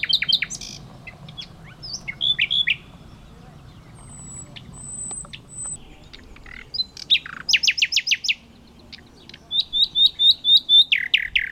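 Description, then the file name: Common nightingale song: varied phrases of sharp chips, pure whistles and fast buzzy trills, ending in a rapid series of repeated high notes, with a low background hum. "Luscinia megarhynchos"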